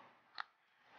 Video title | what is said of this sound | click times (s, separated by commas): Super Sailor moon review SH Figuarts | press it until it clicks | 0.4 s